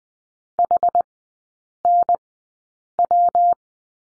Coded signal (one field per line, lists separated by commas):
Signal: Morse code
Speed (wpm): 20 wpm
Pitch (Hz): 700 Hz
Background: none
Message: HNW